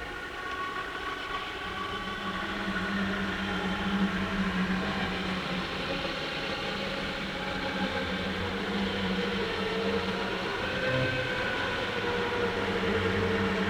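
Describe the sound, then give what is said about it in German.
A foghorn moans in a long, low, steady drone with harmonic overtones, sounding over a constant rumbling wash of noise for the whole stretch, with no voices. “Jetzt ist alles verwischt, das Nebelhorn stöhnt in die Ohren der Toten.”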